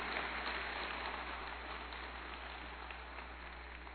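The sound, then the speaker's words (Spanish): An audience applauding steadily in praise of God as King, a dense wash of many hands clapping at an even level for several seconds, with a low hum underneath and no voices. “¿Puedes darle un aplauso a ese Rey y bendecirlo?”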